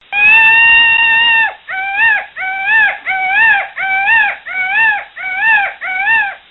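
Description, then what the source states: Bird calls: one long, steady, reedy wailing note, then about eight shorter wavering notes that rise and dip, repeated roughly every two-thirds of a second, in silence. Jungle bird.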